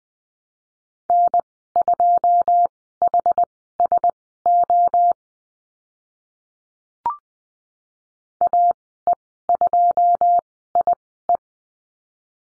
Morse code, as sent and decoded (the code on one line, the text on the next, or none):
-. ..--- .... ... --- / .- . ..--- .. .
N2HSO AE2IE